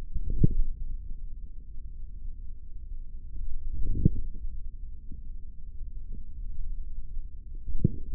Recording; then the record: forearm muscle sounds (acoustic myography)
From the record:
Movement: index flexion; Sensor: system 3, bracelet of six PUI Audio POM-2738L microphones around the upper forearm, with dedicated amplification and filtering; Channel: 1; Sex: male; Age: 43 years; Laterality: right